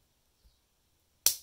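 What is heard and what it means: A Leatherman Juice C2 multitool blade is opened against the back spring in its handle, with a faint low bump near 0.5 s. At 1.3 s the blade snaps into its held-open slip-joint position with a sharp, bright click that rings out briefly. The blade is held in place but not locked.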